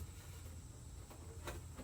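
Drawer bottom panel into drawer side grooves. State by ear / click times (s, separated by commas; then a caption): not seated / none. A wooden drawer bottom panel is slid into the grooves of the drawer sides and lined up during a dry fit with no glue. A steady low rumble of sliding and scraping is heard, with brief brighter scuffs near 1.1 and 1.5 seconds. Nothing has seated or clicked yet.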